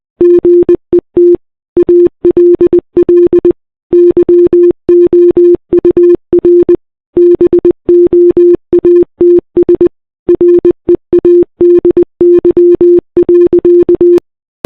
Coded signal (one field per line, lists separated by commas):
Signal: Morse code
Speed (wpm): 20 wpm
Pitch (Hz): 350 Hz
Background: none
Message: GET ALL YOUR BOATS READY.